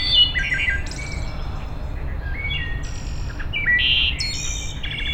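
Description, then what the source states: Wood thrush song of liquid, fluted notes and short high trills, with several overlapping songbird phrases and a constant low background rumble. Recorded 6 May 2007.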